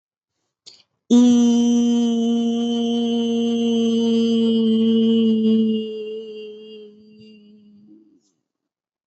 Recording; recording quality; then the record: sustained vowel as in beet; excellent, no background noise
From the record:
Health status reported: respiratory illness, not identified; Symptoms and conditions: asthma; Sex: female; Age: 23 years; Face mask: not worn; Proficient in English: yes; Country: India